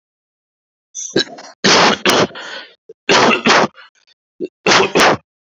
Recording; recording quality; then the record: shallow voluntary cough; moderate, slight background noise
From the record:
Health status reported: healthy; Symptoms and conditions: fever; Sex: male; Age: 27 years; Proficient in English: yes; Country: India